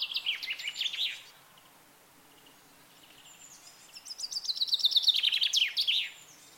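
Bird chirping in two bursts of quick high twittering notes, a short one at the start and a longer faster run after a pause of over two seconds.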